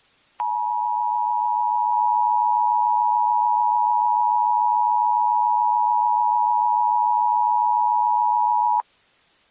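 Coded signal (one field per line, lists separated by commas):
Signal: Emergency Alert System (SAME) tones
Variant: 853 and 960 Hz attention tone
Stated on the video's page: Simulated alien invasion alert prank using genuine EAS tones.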